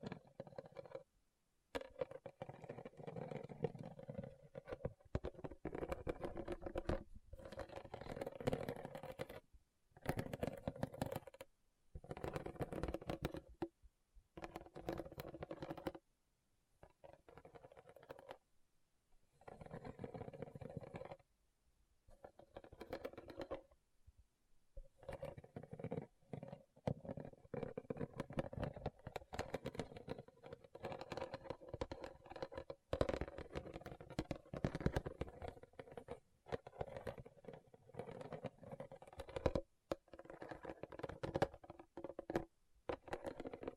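Rhinestones are tapped and scratched in quick, busy bursts, a dense clicking and rasping that runs almost continuously. Short silent gaps break it up every few seconds, with longer pauses near 18 and 24 seconds. The sound is crisp, with a steady midrange body underneath.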